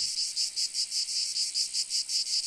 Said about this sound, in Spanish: De repente, escuchó a su tía la cigarra cantar, y hacia allí que se dirigió.